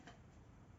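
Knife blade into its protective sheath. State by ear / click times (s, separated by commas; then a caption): not seated / none. A knife blade is being pushed back into its protective sheath, away from the body, with a brief sharp transient at 0.1 s over low rumble and faint handling noise. The clip ends before the knife goes home, and nothing has seated or clicked yet.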